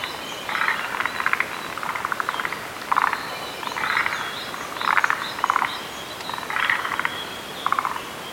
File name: Rhacophorus arboreus